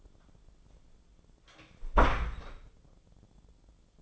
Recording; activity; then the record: daily activity, microphone in the room; close door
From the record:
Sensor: 5